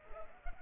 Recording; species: mosquito wingbeat signal from an infrared sensor; Culex pipiens